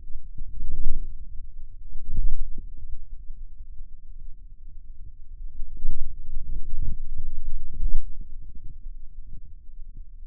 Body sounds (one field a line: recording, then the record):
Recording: forearm muscle sounds (acoustic myography)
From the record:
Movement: inward rotation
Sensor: system 2, bracelet of six BSWA MPA416 microphones around the upper forearm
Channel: 5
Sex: male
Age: 22 years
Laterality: right